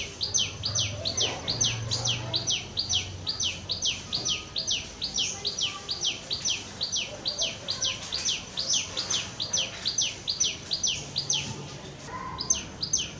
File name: Common tailorbird alok